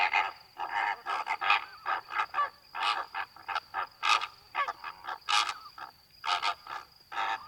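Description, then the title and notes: Greater flamingo calls, continuous overlapping honking and gabbling from many birds, some higher yelping notes, with a faint high tone. Flock feeding calmly at night, standing in water halfway up their legs, occasionally calling; edge of Étang de Vaccarès, Camargue, France; 4 September 2020, 23:10; windless night; Nagra Seven, B&K omni microphone. "Etang de Vaccares - Camargue. Flamant rose ( Phoenicopterus ruber )"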